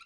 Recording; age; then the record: pig call; piglet (1 to 25 days)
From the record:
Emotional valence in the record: positive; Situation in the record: short reunion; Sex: female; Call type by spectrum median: low-frequency call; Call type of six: low-frequency tonal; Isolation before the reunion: 3 minutes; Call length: 0.06 s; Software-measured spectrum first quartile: 1378 Hz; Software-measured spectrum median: 2346 Hz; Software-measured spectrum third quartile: 3315 Hz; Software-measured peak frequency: 1357 Hz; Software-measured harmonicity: 7.8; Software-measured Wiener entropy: -2.88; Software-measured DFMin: 1050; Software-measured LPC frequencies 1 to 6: 1348, 2481, 3941, 4987, 6535, 8023 Hz